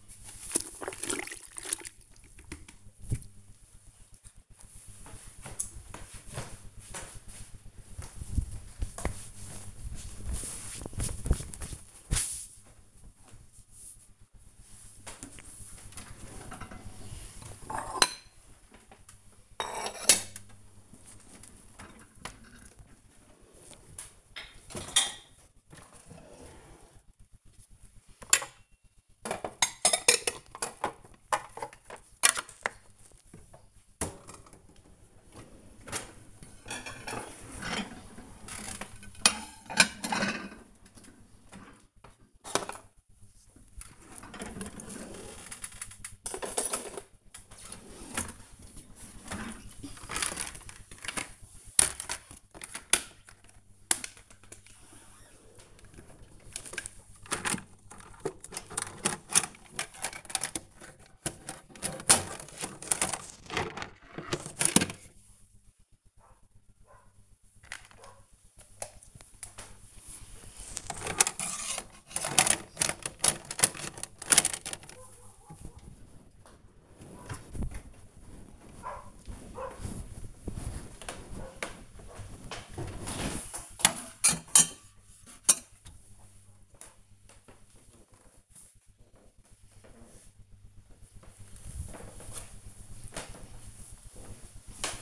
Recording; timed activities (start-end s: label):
household activities, microphone on the right wrist
0.00-2.58 s: floor cleaning
13.65-86.10 s: putting away the dishes